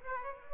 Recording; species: mosquito wingbeat signal from an infrared sensor; Aedes aegypti